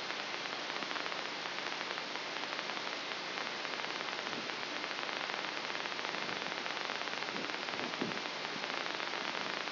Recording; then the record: brain microelectrode recording played as sound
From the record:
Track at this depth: outside the subthalamic nucleus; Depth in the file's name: 4.898 mm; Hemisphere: left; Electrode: 3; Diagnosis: Parkinson's disease